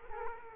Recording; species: mosquito wingbeat signal from an infrared sensor; Culex quinquefasciatus